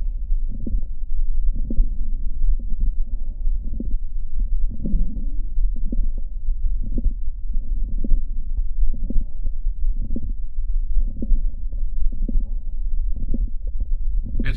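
Adult heart by stethoscope, patient lying on the back. Multiple systolic clicks, an atypical auscultatory sign of mitral valve prolapse.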